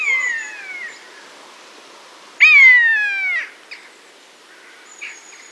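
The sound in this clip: Buzzard giving plaintive downslurred mews, one fading at the start and a strong harmonic cry after two seconds, followed by short faint notes.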